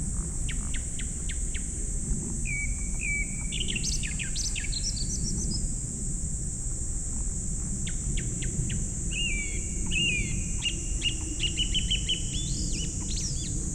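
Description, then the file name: Japanese thrush singing varied phrases of fluty whistles and rapid chattering notes, several phrases in a row, with a constant shrill hum in the background. "kurotugumi"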